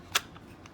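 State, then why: Seated. A CR920X pistol is pushed into a rigid holster made for another compact pistol, a 43X, and locks in with one loud, sharp retention click at 0.2 s. Two much fainter ticks follow at about 0.4 s and 0.7 s over a quiet background, and the pistol is seated and locked in the holster.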